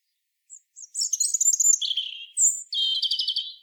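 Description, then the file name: European robin song, a thin, high phrase that opens with faint notes and then runs into fast twittering trills and a warbled, buzzy ending, on a silent background. "Erithacus rubecula"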